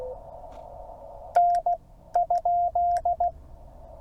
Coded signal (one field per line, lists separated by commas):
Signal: Morse code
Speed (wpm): 16 wpm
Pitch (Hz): 700 Hz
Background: none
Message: N ?